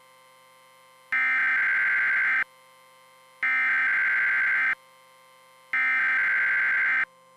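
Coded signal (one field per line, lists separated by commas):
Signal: Emergency Alert System (SAME) tones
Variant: header bursts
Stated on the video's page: Simulated EAS scenario, a fictional Las Vegas Enderman invasion.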